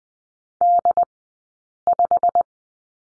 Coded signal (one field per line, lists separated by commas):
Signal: Morse code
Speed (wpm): 20 wpm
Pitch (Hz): 700 Hz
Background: none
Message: D5